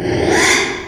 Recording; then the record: squeal of a Yucatan mini pig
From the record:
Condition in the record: after surgery on the right vocal fold (resection and tissue-engineered implant); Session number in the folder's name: 3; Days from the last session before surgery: 33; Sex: male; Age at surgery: 12 weeks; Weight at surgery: 13 kg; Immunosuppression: cyclosporine, prednisolone